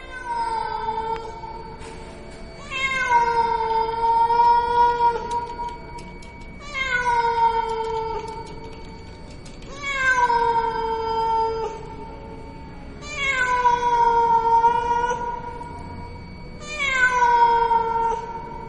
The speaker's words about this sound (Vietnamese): rồi tiếng con mèo nó kêu trên mái hiên. Con mèo nó kêu đến thảm thiết, đến não cả lòng trong đêm khuya vắng.